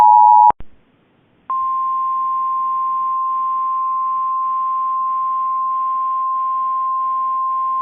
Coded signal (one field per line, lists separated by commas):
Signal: Emergency Alert System (SAME) tones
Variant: 853 and 960 Hz attention tone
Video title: Flash Flood Warning EAS (Cox) 8/17/2024